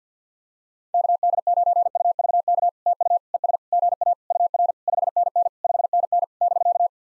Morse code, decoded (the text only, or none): KD9UVK TU ES GA UR 5NN 5NN <BK>